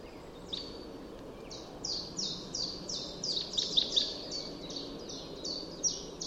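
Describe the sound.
Common chaffinch producing a series of sharp, high downslurred notes, roughly three per second, growing louder toward the middle, with faint background hiss.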